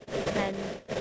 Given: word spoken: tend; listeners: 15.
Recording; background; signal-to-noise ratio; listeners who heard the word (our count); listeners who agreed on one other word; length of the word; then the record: one English word in noise, from a listening test; noise modulated by three-talker babble; -3.4 dB; 1 of 15; 6 of 15; 0.61 s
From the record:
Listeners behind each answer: 6, 3, 2, 1, 1, 1, 1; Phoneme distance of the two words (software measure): 24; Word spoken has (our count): 1 syllable, 4 phonemes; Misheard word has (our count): 2 syllables, 6 phonemes, stress on syllable 2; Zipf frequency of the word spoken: 4.54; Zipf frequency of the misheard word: 4.05